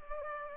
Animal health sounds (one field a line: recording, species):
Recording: mosquito wingbeat signal from an infrared sensor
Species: Culex pipiens